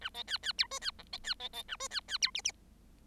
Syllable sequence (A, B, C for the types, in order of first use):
A B C C D E C F B C B B A E C C D G G